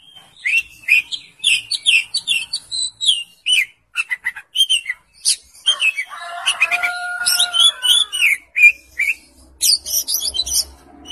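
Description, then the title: Oriental magpie-robin singing a dense, varied medley of bright whistles and chips; midway a steady, lower drawn-out tone runs beneath the notes. "Kacer"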